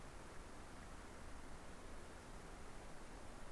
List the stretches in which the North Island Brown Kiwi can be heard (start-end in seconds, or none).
none